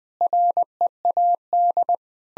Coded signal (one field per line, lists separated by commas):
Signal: Morse code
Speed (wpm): 21 wpm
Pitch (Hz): 700 Hz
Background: none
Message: READ